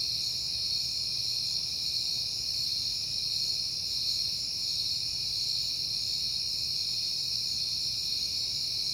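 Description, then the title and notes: Cricket: a continuous shrill trilling that stays at the same high pitch throughout, over a soft low hum. Recorded at night in September on a peaceful night. "Night Time: Crickets and Passing Cars. It is September and I have been hearing the crickets a lot, but finally had a peaceful night to make the recording"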